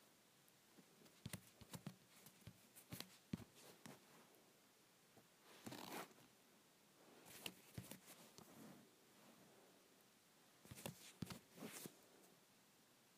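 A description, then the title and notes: A phone is rubbed and handled, giving bursts of scratchy, rustling friction with sharp clicks and taps. Busy clusters come around 1–3 seconds, 6, 7–8, and 11–12 seconds, separated by quieter stretches with a faint steady hiss. ASMR Rubbing my Phone.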